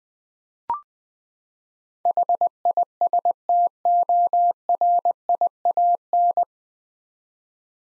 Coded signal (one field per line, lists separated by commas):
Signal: Morse code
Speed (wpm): 20 wpm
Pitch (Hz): 700 Hz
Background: none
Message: HISTORIAN